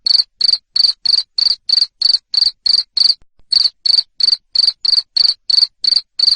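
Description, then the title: Cricket giving loud, high-pitched chirps, evenly spaced at roughly three per second, broken once by a short gap midway. Loud cricket chirping used to make lovebirds keep singing (ngekek). "Suara JANGKRIK NGERIK Keras Bikin LOVEBIRD Jadi NGEKEK Terus"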